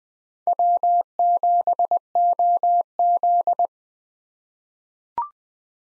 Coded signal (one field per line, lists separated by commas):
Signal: Morse code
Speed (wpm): 20 wpm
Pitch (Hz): 700 Hz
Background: none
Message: W7OZ